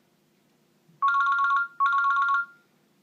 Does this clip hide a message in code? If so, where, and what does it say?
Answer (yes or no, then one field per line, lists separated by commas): no